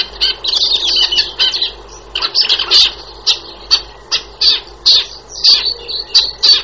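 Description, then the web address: Shrike calling with rasping, squawky notes in a rapid, fairly regular series of short bursts. "wroblowe laniidae lancor"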